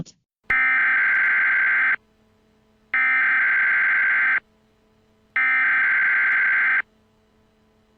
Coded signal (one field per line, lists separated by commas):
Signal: Emergency Alert System (SAME) tones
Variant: header bursts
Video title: The Silence Above An EAS Scenario Remastered EAS #1